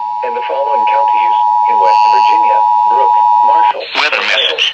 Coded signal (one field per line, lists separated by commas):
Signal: Emergency Alert System (SAME) tones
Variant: 853 and 960 Hz attention tone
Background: speech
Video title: Severe Thunderstorm Watch (5/23/19) ( EAS #216)